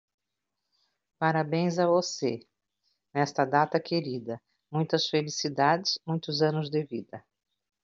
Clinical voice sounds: short text; Brazilian Portuguese; female; 50 to 59 years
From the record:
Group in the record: control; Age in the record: 59 years

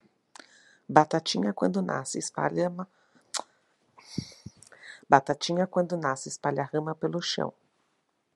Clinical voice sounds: short text; Brazilian Portuguese; female; 40 to 49 years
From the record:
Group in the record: control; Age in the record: 41 years

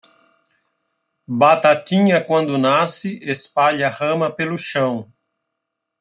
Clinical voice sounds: short text; Brazilian Portuguese; male; 50 to 59 years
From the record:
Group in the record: control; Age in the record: 52 years

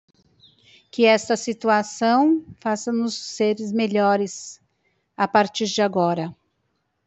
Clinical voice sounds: short text; Brazilian Portuguese; female; 50 to 59 years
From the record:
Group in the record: control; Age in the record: 59 years

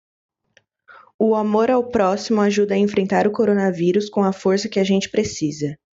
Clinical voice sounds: spoken sentence; Brazilian Portuguese; female; 20 to 29 years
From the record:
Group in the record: control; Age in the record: 21 years

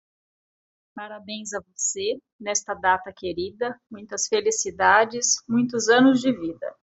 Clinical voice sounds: short text; Brazilian Portuguese; female; 40 to 49 years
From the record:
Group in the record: control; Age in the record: 44 years

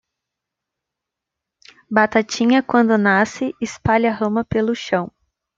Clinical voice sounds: short text; Brazilian Portuguese; female; 20 to 29 years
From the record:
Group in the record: control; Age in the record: 25 years

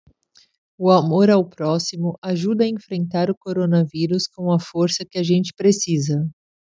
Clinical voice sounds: spoken sentence; Brazilian Portuguese; female; 30 to 39 years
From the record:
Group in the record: control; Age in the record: 37 years

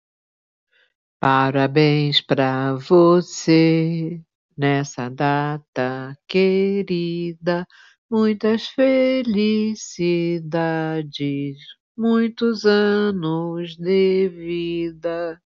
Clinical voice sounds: short text; Brazilian Portuguese; female; 60 to 69 years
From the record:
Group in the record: control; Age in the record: 68 years

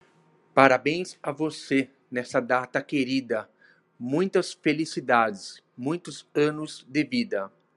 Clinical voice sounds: short text; Brazilian Portuguese; male; 40 to 49 years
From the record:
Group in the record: control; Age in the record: 41 years

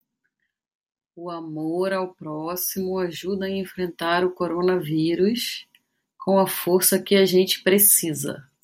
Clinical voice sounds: spoken sentence; Brazilian Portuguese; female; 40 to 49 years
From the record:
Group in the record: control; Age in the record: 44 years

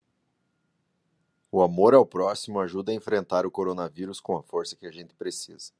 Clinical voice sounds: spoken sentence; Brazilian Portuguese; male; 40 to 49 years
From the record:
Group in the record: control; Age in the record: 40 years

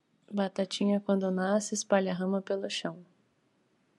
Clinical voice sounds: short text; Brazilian Portuguese; female; 20 to 29 years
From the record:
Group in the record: control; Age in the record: 29 years

